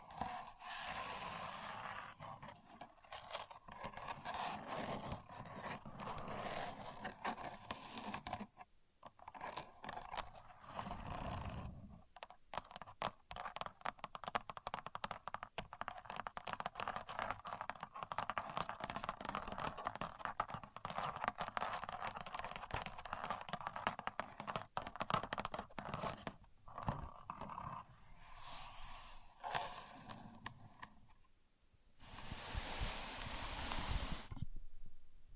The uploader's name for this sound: Using A Contour Gauge (No Talking)